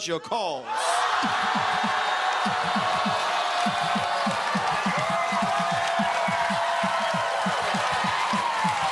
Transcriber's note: cheering